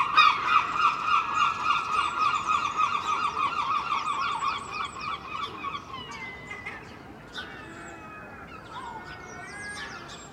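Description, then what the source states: Gulls give a loud, fast run of yelping notes that fades out after six seconds, leaving scattered softer calls from other birds. Seagulls recorded early morning in Filey, April 2023, from a second storey window with Clippy microphones and a Roland R-07; many other birds present.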